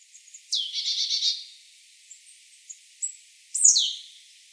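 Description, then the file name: Marsh tit calls: a high sharp note followed by a buzzy, rapidly repeated chatter, then a loud downslurred call near the end; faint high chips between. "Poecile palustris"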